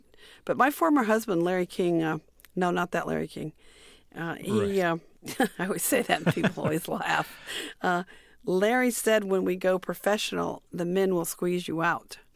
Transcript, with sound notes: but my former husband, Larry King - no, not that Larry King - he...
Right.
(LAUGHTER)
I always say that and people always laugh. Larry said when we go professional, the men will squeeze you out.